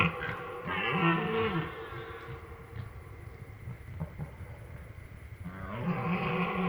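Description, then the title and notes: Red deer bellows: a loud, deep, harmonic roar at the start, a lull, then another powerful roar at the end. Rut; three stags repeatedly confronting and fighting; night, 23:15, 4 October 2019; Drôme, France; river in background; insects active; binaural recording, two MKH 8020 microphones on a MixPre-3. "04 octobre 2019-23h15-Drôme"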